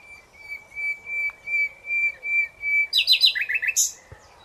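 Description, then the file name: Common nightingale song: a series of slow, swelling, level whistles ending in a quick rich rattle and a sharp high note. "Luscinia megarhynchos"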